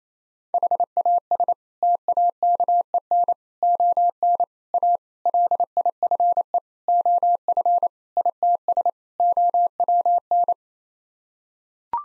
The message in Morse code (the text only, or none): HAS TAKEN ON A LIFE OF ITS OWN